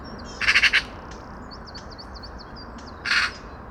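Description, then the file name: Eurasian magpie chattering: a quick four-note rasping rattle, then a shorter harsh burst, with thin, high chirps in the gap. "Pica pica"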